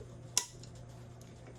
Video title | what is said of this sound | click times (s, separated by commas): CZ457 Area 419 Base and Riton X5 conquer | that if you hear that click that is meaning your at your torque level | 0.4 s